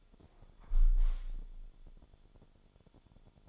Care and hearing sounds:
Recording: daily activity, microphone in the room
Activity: close window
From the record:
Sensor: 5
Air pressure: 1015.0 hPa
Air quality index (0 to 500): 99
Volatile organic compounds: 2 ppm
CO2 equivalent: 1062 ppm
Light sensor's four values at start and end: 35/80/32/31 and 35/80/32/31

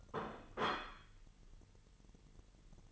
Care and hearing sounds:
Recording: daily activity, microphone in the room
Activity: place plate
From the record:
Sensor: 4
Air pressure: 989.4 hPa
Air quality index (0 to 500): 212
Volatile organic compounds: 61 ppm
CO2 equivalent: 3426 ppm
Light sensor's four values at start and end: 26/91/33/35 and 26/91/33/35

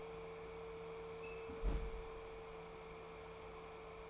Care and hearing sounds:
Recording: daily activity, microphone in the room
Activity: close fridge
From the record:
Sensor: 1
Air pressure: 1014.9 hPa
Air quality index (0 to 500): 191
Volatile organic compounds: 20 ppm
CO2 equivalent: 2703 ppm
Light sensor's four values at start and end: 11/26/10/12 and 11/26/10/12

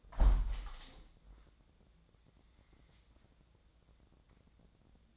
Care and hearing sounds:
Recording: daily activity, microphone in the room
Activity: close window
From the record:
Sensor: 3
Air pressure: 1012.3 hPa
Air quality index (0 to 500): 142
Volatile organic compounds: 2 ppm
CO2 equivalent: 1095 ppm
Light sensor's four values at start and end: 314/767/320/317 and 312/762/317/314

